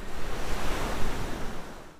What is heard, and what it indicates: Rough ocean waves. Tinnitus is the phantom perception of a sound that does not exist in the outside world.